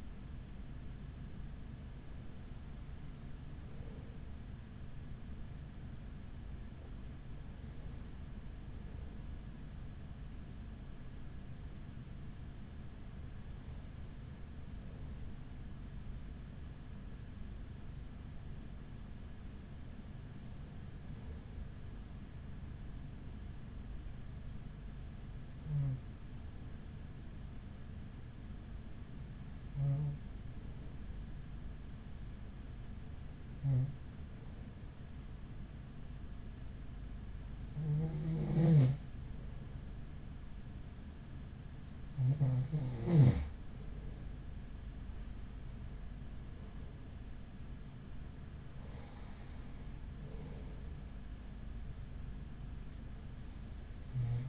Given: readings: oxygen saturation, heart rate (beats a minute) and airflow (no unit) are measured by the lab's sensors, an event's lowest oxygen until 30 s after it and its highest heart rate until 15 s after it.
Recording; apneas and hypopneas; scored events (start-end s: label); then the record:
breathing in sleep by a smartphone at the bedside; 1
9.00-45.30 s: hypopnea (N1, oxygen 95% highest, then 94% lowest, heart rate 39 at the start, 49 highest)
20.00-54.49 s: new sleep stage, N2 (light sleep)
From the record:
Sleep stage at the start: N1 (lightest sleep); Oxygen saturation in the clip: 94 to 95%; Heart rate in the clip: 37 to 49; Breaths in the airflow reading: 11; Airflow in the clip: -5.2 to 5.9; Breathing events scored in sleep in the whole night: 207 in 7.6 hours asleep